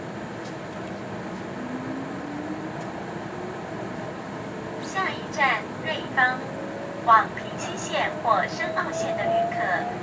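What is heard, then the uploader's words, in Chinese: Inside a busy railway station, a steady low rumble of the hall fills the background. A faint rising whine, like a train's motor, climbs early on and again near the end, while voices break in with short bursts of speech from about halfway through. 第 229 車次新自強號、台北車站現場聲。鐵道、車站、人聲、新自強號。設備：Tascam DR-40x。搭乘第 229 車次新自強號（EMU3000），到達台北車站後簡易錄音。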